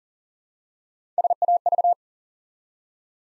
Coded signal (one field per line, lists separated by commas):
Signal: Morse code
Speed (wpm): 38 wpm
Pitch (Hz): 700 Hz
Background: none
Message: SAV